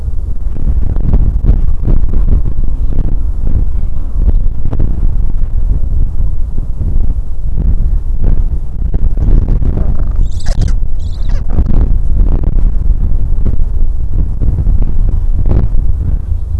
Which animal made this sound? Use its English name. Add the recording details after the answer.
Gentoo Penguin. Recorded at the colony at Godthul, on 25 December 2014. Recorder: Song Meter SM2+